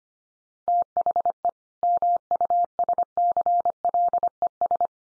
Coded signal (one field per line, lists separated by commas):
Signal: Morse code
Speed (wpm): 25 wpm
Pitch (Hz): 700 Hz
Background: none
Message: THE MUSCLES